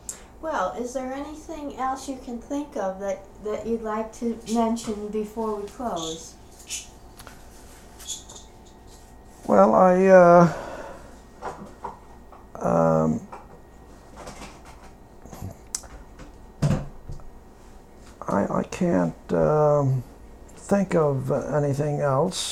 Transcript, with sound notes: Well, is there anything else you can think of that you'd like to mention before we close?
Well, I (he pauses) I can't think of anything else.